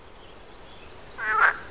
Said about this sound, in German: zwischen deinen Blumen sitzt ja ein Frosch. Ja, ein richtig schöner Wetterfrosch.